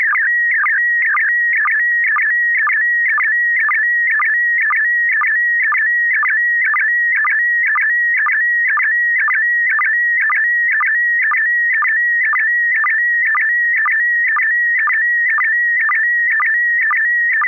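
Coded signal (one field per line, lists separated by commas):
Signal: SSTV (slow-scan television)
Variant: PD120 mode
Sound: steady whistling tone warbling with quick low blips about twice a second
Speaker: affirmative this is going to be uh pd1 120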